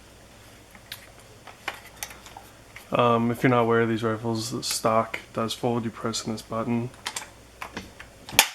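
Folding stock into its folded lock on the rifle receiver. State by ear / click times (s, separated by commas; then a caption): seated / 8.4 s. An FN SCAR 16S rifle's stock release button is pressed and the folding stock is swung to the side into its folded lock on the receiver, with a few light clicks and handling taps while someone talks. It latches with a sharp, loud click at 8.4 s, and the stock locks folded.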